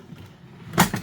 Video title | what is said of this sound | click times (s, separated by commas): tools of the trade. how we haul lots of pokemon cards | your snaps into place and she's ready to go | 0.8 s